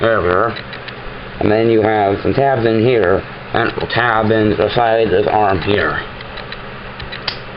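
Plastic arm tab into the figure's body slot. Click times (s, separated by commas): 7.3 s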